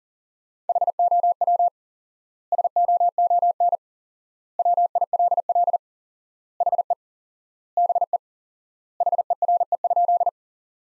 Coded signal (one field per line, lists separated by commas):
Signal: Morse code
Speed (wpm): 40 wpm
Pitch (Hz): 700 Hz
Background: none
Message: HOW SOON WILL HE BE HERE?